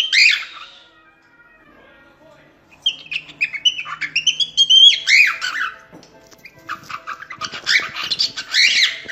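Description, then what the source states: Cockatiel song: a harsh squawk, a pause, then rising and falling warbled whistles and chatter, ending in a burst of rapid buzzy notes. Lutino colour variety, song.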